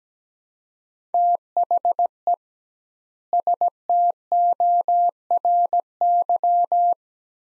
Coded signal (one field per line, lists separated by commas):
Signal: Morse code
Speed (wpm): 17 wpm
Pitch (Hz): 700 Hz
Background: none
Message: THE STORY